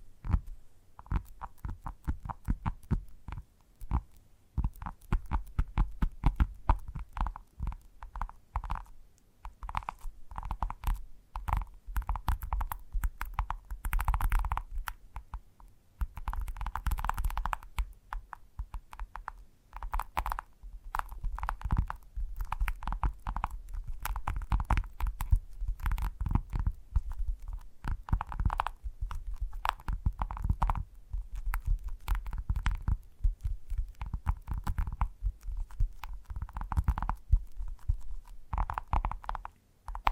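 Gentle tapping in quick, dense bursts runs throughout, soft and dull-toned with a low thumping weight, pausing briefly around fifteen seconds.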